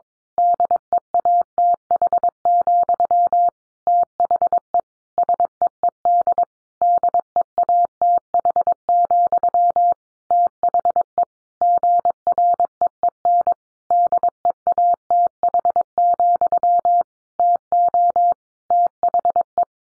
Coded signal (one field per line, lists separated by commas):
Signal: Morse code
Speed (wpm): 22 wpm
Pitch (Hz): 700 Hz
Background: none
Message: DEATH, THE SEED DEATH, THE GREEN DEATH, TO THE